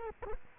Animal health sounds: mosquito wingbeat signal from an infrared sensor; Culex quinquefasciatus

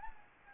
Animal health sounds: mosquito wingbeat signal from an infrared sensor; Anopheles gambiae

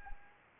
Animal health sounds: mosquito wingbeat signal from an infrared sensor; Anopheles arabiensis

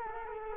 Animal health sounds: mosquito wingbeat signal from an infrared sensor; Culex quinquefasciatus

